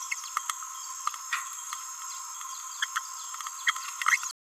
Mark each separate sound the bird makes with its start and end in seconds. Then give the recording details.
0.12-0.15, 2.81-2.87, 2.96-3.00, 3.66-3.72. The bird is a male. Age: 29 days. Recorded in a nest box in Venezuela. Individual 17B31A1